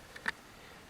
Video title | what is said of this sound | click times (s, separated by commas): Part 3--Shimano Fishing Reel Service Cleaning Lubricating Antireverse | you'll feel a little snap and you'll hear it and the gears in place the anti reverse is in place | 0.3 s